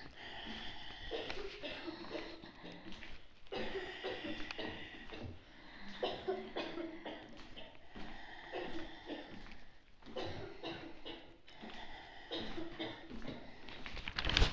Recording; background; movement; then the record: deep breathing; a bystander coughing; walking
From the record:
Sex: female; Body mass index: 25.5 kg/m2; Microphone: on the chest, facing the body